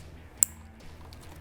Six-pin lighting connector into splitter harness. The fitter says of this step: push it in until you hear it click same thing with the other side